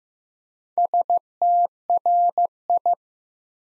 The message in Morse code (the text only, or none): STRI